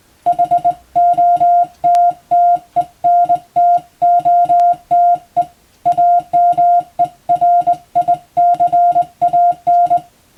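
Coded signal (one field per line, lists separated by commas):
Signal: Morse code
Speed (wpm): 20 wpm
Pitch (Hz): 700 Hz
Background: music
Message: HOTTENTOTE AMERICAN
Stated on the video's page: Morse practice by a first-class radiotelegraph operator for the Japanese exam, Japanese Morse at 17 wpm and English at 25 wpm.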